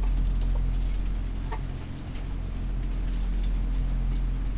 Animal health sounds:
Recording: poultry house recording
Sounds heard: sick chickens (respiratory disease)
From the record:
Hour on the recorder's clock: 1

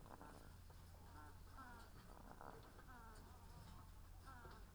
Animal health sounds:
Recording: poultry house recording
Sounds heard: sick chickens (respiratory disease)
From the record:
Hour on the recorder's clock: 17

